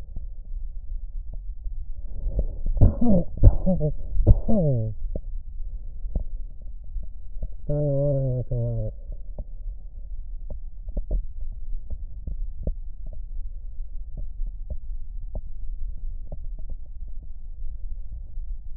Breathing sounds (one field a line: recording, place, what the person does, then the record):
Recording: lung sounds by stethoscope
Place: right anterior apical chest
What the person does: quiet breathing, then cough and speech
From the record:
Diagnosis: COPD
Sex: male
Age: 64 years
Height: 166 cm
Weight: 92.7 kg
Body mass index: 33.6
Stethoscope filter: extended mode